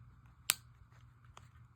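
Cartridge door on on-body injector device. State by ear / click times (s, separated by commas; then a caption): seated / 0.5 s. The plastic cartridge door of a Skyrizi on-body injector is closed over the inserted cartridge, giving a sharp, bright snap at 0.5 s as it latches, followed by two faint ticks near 1.3 and 1.4 s over a low steady hum. The door is shut and seated, which means the device is good to go.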